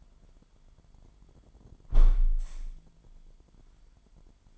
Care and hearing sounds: daily activity, microphone in the room; close window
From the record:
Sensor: 5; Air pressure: 998.7 hPa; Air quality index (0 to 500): 105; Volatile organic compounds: 2 ppm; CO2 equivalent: 1216 ppm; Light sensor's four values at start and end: 59/146/60/68 and 58/145/60/68

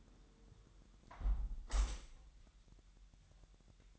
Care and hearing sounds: daily activity, microphone in the room; close window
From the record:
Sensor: 3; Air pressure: 1000.2 hPa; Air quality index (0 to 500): 231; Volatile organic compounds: 109 ppm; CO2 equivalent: 3814 ppm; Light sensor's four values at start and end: 10/23/9/9 and 10/23/9/9

